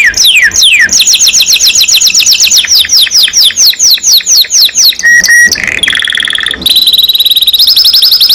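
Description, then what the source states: Canary singing nonstop, a rapid run of repeated downward-sweeping notes, then clear sustained whistles and high bright trills near the end. Singing constantly (gacor) domestic canary, described as a first-place champion.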